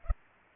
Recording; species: mosquito wingbeat signal from an infrared sensor; Culex pipiens